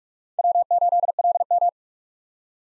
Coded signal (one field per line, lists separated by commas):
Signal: Morse code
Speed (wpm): 56 wpm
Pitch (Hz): 700 Hz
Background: none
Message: W8LM